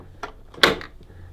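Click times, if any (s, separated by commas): 0.6 s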